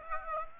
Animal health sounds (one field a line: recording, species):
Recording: mosquito wingbeat signal from an infrared sensor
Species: Aedes aegypti